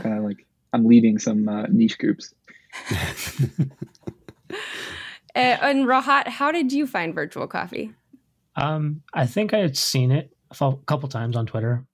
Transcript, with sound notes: Like, I'm meeting some niche groups.
(laugh) And Rahat. How did you find Virtual Coffee?
Um, I think I've seen it a couple times on Twitter.